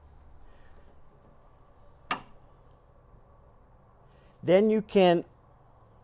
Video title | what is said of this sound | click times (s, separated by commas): Fisker Ocean - How To Open & Close the Hood | we're going to lift it up evenly until you hear a click | 2.1 s